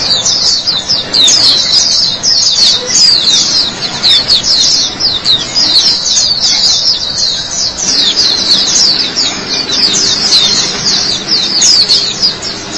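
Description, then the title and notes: White-eye song, an unbroken stream of high, fast, slurred chirps and trills running steadily for the whole stretch. "Suara kicauan burung pleci"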